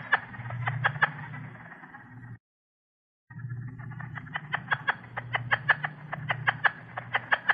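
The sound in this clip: Plains leopard frog giving rapid chuckling pulses in quick runs, a brief silent break midway, over a steady low hum.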